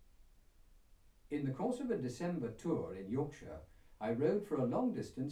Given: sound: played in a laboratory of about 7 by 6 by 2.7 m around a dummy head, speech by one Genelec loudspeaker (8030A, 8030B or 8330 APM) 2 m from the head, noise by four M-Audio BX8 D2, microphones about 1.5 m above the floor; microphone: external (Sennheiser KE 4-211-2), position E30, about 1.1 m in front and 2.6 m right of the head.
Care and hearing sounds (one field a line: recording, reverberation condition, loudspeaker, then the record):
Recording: male speech in English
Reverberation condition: low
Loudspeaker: 30 degrees to the left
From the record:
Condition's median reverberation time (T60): about 310 ms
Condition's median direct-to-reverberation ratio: about 3.5 dB